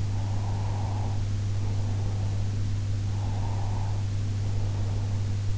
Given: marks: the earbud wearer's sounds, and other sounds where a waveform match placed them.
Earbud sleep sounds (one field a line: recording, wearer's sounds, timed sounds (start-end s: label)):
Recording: sounds in sleep by an in-ear microphone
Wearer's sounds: breath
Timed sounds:
0.09-2.64 s: breath
3.12-5.47 s: breath